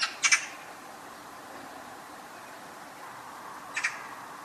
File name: Pica pica